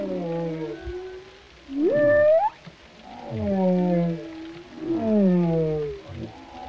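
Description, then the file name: Whale song of varied low moans, falling and rising tones with harmonics and one sharp upsweep. "Sounds Of Whales - Whale Sounds Pt 13"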